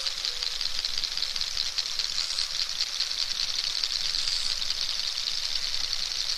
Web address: narwhal